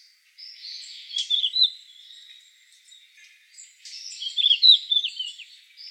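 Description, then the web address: Red-flanked bluetail singing two brief, sweet warbling phrases a few seconds apart, over soft high background notes. "birdenaga ruribitaki"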